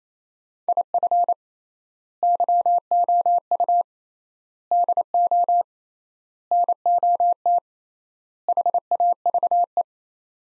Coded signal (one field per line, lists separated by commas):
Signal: Morse code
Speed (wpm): 27 wpm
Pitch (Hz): 700 Hz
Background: none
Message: IF YOU DO NOT HAVE